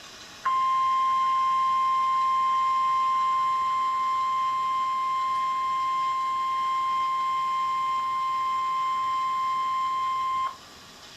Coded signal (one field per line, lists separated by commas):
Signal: Emergency Alert System (SAME) tones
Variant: 1050 Hz attention tone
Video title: EAS #10 Severe Thunderstorm Warning (NWS - Huntsville, AL)